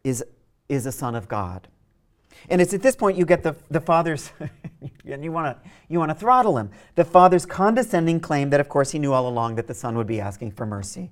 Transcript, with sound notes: is a son of God. It's at this point you get the Father's -- [laughs] and you want to throttle him -- the Father's condescending claim that of course he knew all along that the Son would be asking for mercy.